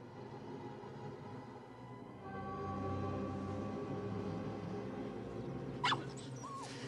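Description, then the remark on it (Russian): A steady, low mechanical rumble with a droning hum fills the scene, then near the end a small shaggy dog lets out a short sharp yelp followed by a thin, rising whimper. “Мужичок уходит, возвращается с мохнатой собачонкой.”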